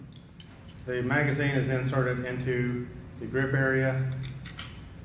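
A metal pistol magazine is handled at the grip of a handgun as it is about to be pushed up into it during a demonstration for a jury. Someone talks throughout, with short sharp handling ticks near 0.2 s, 0.4 s and 4.6 s. The magazine has not seated or clicked into place yet.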